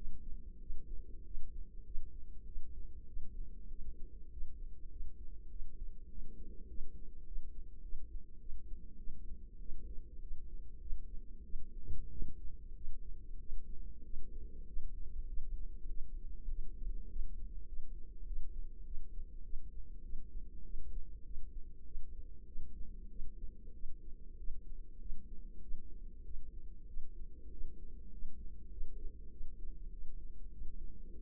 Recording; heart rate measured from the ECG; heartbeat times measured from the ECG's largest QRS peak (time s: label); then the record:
heart sounds by microphone in the left ear; 98 bpm
0.59 s: heartbeat
1.24 s: heartbeat
1.84 s: heartbeat
2.45 s: heartbeat
3.06 s: heartbeat
3.69 s: heartbeat
4.30 s: heartbeat
4.90 s: heartbeat
5.49 s: heartbeat
6.09 s: heartbeat
6.68 s: heartbeat
7.25 s: heartbeat
7.82 s: heartbeat
8.39 s: heartbeat
8.97 s: heartbeat
9.59 s: heartbeat
10.20 s: heartbeat
10.80 s: heartbeat
11.44 s: heartbeat
12.10 s: heartbeat
12.74 s: heartbeat
13.39 s: heartbeat
14.03 s: heartbeat
14.66 s: heartbeat
15.26 s: heartbeat
15.88 s: heartbeat
16.48 s: heartbeat
17.08 s: heartbeat
17.66 s: heartbeat
18.25 s: heartbeat
18.84 s: heartbeat
19.43 s: heartbeat
20.02 s: heartbeat
20.63 s: heartbeat
21.24 s: heartbeat
21.84 s: heartbeat
22.46 s: heartbeat
23.09 s: heartbeat
23.73 s: heartbeat
24.37 s: heartbeat
24.99 s: heartbeat
25.61 s: heartbeat
26.24 s: heartbeat
26.87 s: heartbeat
27.50 s: heartbeat
28.11 s: heartbeat
28.70 s: heartbeat
29.30 s: heartbeat
29.91 s: heartbeat
30.51 s: heartbeat
31.10 s: heartbeat
From the record:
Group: healthy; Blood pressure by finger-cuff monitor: 108/66 mmHg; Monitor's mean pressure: 79 mmHg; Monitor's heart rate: 97 bpm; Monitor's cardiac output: 8 L/min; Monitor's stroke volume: 82 mL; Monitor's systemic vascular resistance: 730 dyn s/cm5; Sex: female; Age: 22 years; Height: 157 cm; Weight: 47.6 kg